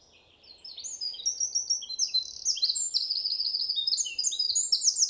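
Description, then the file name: Eurasian wren song, a loud rapid stream of high trills and sharp notes, building in strength and running on without a break. "Troglodytes troglodytes"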